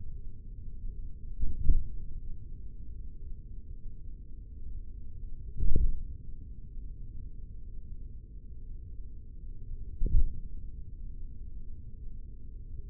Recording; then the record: forearm muscle sounds (acoustic myography)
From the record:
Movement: tripod grip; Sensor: system 3, bracelet of six PUI Audio POM-2738L microphones around the upper forearm, with dedicated amplification and filtering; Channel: 4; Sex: male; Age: 56 years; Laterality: right